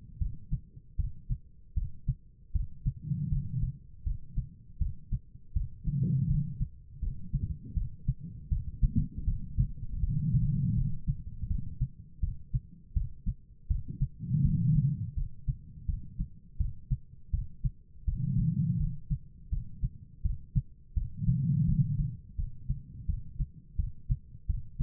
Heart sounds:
heart sounds by stethoscope; 82 bpm
0.19 s: heartbeat
0.97 s: heartbeat
1.75 s: heartbeat
2.53 s: heartbeat
3.30 s: heartbeat
4.04 s: heartbeat
4.79 s: heartbeat
5.54 s: heartbeat
6.27 s: heartbeat
7.00 s: heartbeat
7.74 s: heartbeat
8.49 s: heartbeat
9.25 s: heartbeat
10.01 s: heartbeat
10.75 s: heartbeat
11.48 s: heartbeat
12.21 s: heartbeat
12.94 s: heartbeat
13.68 s: heartbeat
14.42 s: heartbeat
15.15 s: heartbeat
15.86 s: heartbeat
16.58 s: heartbeat
17.31 s: heartbeat
18.05 s: heartbeat
18.78 s: heartbeat
19.50 s: heartbeat
20.23 s: heartbeat
20.94 s: heartbeat
21.66 s: heartbeat
22.36 s: heartbeat
23.07 s: heartbeat
23.77 s: heartbeat
24.47 s: heartbeat
From the record:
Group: healthy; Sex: female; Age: 51 years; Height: 162 cm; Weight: 70.04 kg

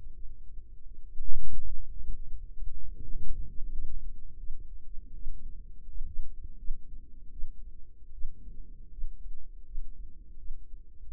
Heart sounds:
heart sounds by microphone in the right ear; 82 bpm
0.17 s: heartbeat
0.87 s: heartbeat
1.60 s: heartbeat
2.28 s: heartbeat
2.96 s: heartbeat
3.65 s: heartbeat
4.39 s: heartbeat
5.15 s: heartbeat
5.89 s: heartbeat
6.59 s: heartbeat
7.32 s: heartbeat
8.14 s: heartbeat
8.92 s: heartbeat
9.66 s: heartbeat
10.39 s: heartbeat
From the record:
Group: healthy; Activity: rest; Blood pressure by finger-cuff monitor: 103/62 mmHg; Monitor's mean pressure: 73 mmHg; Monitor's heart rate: 82 bpm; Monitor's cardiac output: 6.5 L/min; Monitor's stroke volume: 79 mL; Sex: female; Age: 36 years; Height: 163 cm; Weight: 88 kg

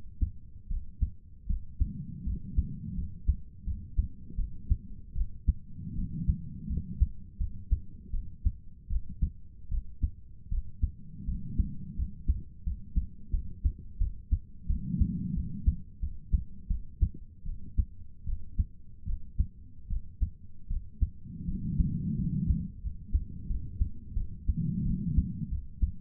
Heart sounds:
heart sounds by stethoscope; 82 bpm
0.69 s: heartbeat
1.48 s: heartbeat
2.25 s: heartbeat
2.96 s: heartbeat
3.65 s: heartbeat
4.37 s: heartbeat
5.14 s: heartbeat
5.95 s: heartbeat
6.68 s: heartbeat
7.39 s: heartbeat
8.12 s: heartbeat
8.89 s: heartbeat
9.70 s: heartbeat
10.50 s: heartbeat
11.26 s: heartbeat
11.97 s: heartbeat
12.64 s: heartbeat
13.32 s: heartbeat
13.99 s: heartbeat
14.68 s: heartbeat
15.35 s: heartbeat
16.01 s: heartbeat
16.68 s: heartbeat
17.45 s: heartbeat
18.26 s: heartbeat
19.06 s: heartbeat
19.89 s: heartbeat
20.69 s: heartbeat
21.47 s: heartbeat
22.17 s: heartbeat
22.82 s: heartbeat
23.48 s: heartbeat
24.15 s: heartbeat
24.84 s: heartbeat
25.50 s: heartbeat
From the record:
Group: healthy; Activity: cold pressor test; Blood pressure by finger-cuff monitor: 86/55 mmHg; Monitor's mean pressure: 66 mmHg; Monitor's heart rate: 79 bpm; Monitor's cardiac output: 6.6 L/min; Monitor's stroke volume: 83 mL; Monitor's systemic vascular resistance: 690 dyn s/cm5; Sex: female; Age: 22 years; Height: 163 cm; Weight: 67.1 kg

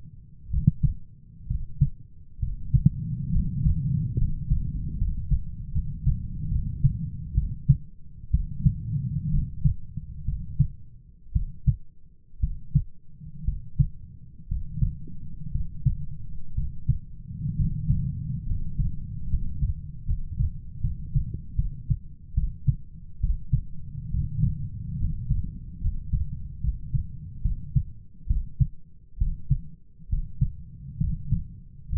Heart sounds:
heart sounds by stethoscope; 67 bpm
0.50 s: heartbeat
1.47 s: heartbeat
2.39 s: heartbeat
3.31 s: heartbeat
4.16 s: heartbeat
4.96 s: heartbeat
5.72 s: heartbeat
6.49 s: heartbeat
7.35 s: heartbeat
8.31 s: heartbeat
9.30 s: heartbeat
10.25 s: heartbeat
11.33 s: heartbeat
12.40 s: heartbeat
13.45 s: heartbeat
14.48 s: heartbeat
15.52 s: heartbeat
16.55 s: heartbeat
17.56 s: heartbeat
18.46 s: heartbeat
19.28 s: heartbeat
20.05 s: heartbeat
20.81 s: heartbeat
21.56 s: heartbeat
22.34 s: heartbeat
23.20 s: heartbeat
24.11 s: heartbeat
24.99 s: heartbeat
25.81 s: heartbeat
26.61 s: heartbeat
27.42 s: heartbeat
28.27 s: heartbeat
29.18 s: heartbeat
30.09 s: heartbeat
31.00 s: heartbeat
31.89 s: heartbeat
From the record:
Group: healthy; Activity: rest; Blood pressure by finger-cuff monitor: 133/82 mmHg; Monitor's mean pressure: 94 mmHg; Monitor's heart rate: 65 bpm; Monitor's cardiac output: 6.9 L/min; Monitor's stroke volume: 107 mL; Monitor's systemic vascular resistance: 1050 dyn s/cm5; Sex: male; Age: 23 years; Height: 178 cm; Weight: 96.6 kg

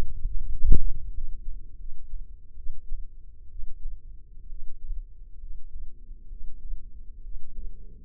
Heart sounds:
heart sounds by microphone in the left ear; 71 bpm
0.48 s: heartbeat
1.12 s: heartbeat
1.77 s: heartbeat
2.56 s: heartbeat
3.49 s: heartbeat
4.48 s: heartbeat
5.39 s: heartbeat
6.28 s: heartbeat
7.21 s: heartbeat
From the record:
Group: healthy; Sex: male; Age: 21 years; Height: 170 cm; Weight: 71 kg

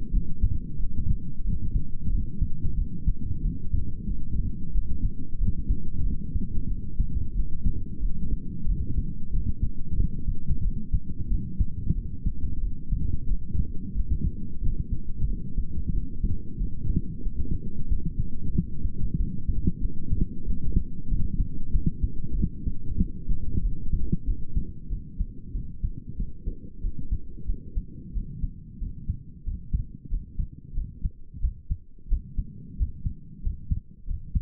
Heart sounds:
heart sounds by stethoscope; 92 bpm
0.14 s: heartbeat
0.80 s: heartbeat
1.46 s: heartbeat
2.12 s: heartbeat
2.78 s: heartbeat
3.44 s: heartbeat
4.09 s: heartbeat
4.75 s: heartbeat
5.40 s: heartbeat
6.06 s: heartbeat
6.70 s: heartbeat
7.36 s: heartbeat
8.02 s: heartbeat
8.68 s: heartbeat
9.33 s: heartbeat
9.98 s: heartbeat
10.64 s: heartbeat
11.31 s: heartbeat
11.97 s: heartbeat
12.63 s: heartbeat
13.30 s: heartbeat
13.97 s: heartbeat
14.63 s: heartbeat
15.29 s: heartbeat
15.95 s: heartbeat
16.60 s: heartbeat
17.26 s: heartbeat
17.90 s: heartbeat
18.55 s: heartbeat
19.20 s: heartbeat
19.84 s: heartbeat
20.47 s: heartbeat
21.11 s: heartbeat
21.74 s: heartbeat
22.38 s: heartbeat
23.01 s: heartbeat
23.64 s: heartbeat
24.27 s: heartbeat
24.91 s: heartbeat
25.55 s: heartbeat
26.19 s: heartbeat
26.83 s: heartbeat
27.48 s: heartbeat
28.15 s: heartbeat
28.81 s: heartbeat
29.46 s: heartbeat
30.11 s: heartbeat
30.76 s: heartbeat
31.43 s: heartbeat
32.11 s: heartbeat
32.79 s: heartbeat
33.44 s: heartbeat
34.08 s: heartbeat
From the record:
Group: healthy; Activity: light exercise 0-30 s, rest 30-34 s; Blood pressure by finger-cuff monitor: 133/65 mmHg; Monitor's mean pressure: 82 mmHg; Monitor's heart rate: 91 bpm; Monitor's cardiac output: 8.8 L/min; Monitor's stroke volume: 96 mL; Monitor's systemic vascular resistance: 680 dyn s/cm5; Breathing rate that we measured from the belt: 22 breaths a minute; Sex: male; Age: 22 years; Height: 181 cm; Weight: 79 kg

